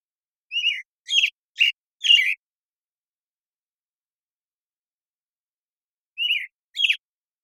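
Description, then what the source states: American Robin singing short bursts of whistled caroling phrases, four notes close together, a long silent pause, then two more phrases. Morning song in a very long sequence, Pacific Northwest, Washington, United States; parabolic microphone recording, processed clean for clarity with natural pacing and rhythm kept.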